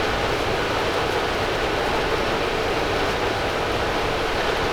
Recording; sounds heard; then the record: poultry house recording; no chicken sound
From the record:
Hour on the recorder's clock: 8